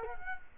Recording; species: mosquito wingbeat signal from an infrared sensor; Culex quinquefasciatus